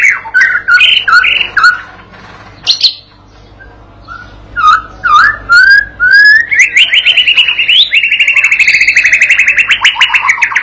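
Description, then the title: White-rumped shama song: loud clipped chirps and whistled slurs, a pause, more slurred notes, then a long trill of fast repeated notes. Masteran (training) recording used to teach and provoke a young shama (paud) to sing energetically (gacor); meant to draw an immediate reply. "MURAI BATU PAUD BELAJAR GACOR, AJARI DENGAN MASTERAN PANCINGAN INI, PANCING LANGSUNG NYAUT"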